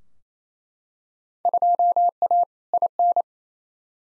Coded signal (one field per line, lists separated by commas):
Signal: Morse code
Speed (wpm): 28 wpm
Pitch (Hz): 700 Hz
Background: none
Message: 2A IN